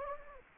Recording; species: mosquito wingbeat signal from an infrared sensor; Anopheles gambiae